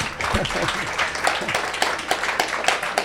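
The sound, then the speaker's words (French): An audience applauds with steady, dense clapping that lasts about three seconds, a few voices calling out underneath the rapid, crackling claps. “On l'applaudit, c'est peut-être...”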